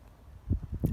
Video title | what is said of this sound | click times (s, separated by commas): How to install the Axkid One Car Seat in under 30 seconds | and then you just click your car seat into the car's isofix points and the indicators on the isofix buttons will have turned green | 0.5 s, 0.8 s